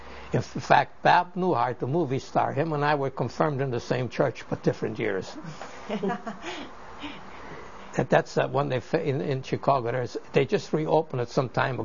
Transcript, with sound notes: In fact, Bob Newhart, the movie star, him and I were confirmed in the same church, but different years. (laughs) And that's when they, in Chicago there's, they just re-opened it some time ago.